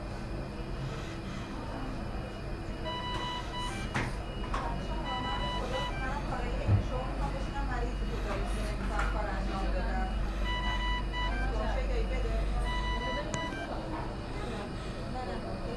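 Shariati Hospital emergency ward: steady low hum under overlapping voices, with short electronic beeps around four and thirteen seconds and a knock midway.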